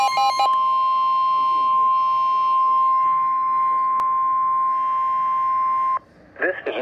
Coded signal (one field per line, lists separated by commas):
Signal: Emergency Alert System (SAME) tones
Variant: 1050 Hz attention tone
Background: speech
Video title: Lakeshore Flood Warning (EAS #26)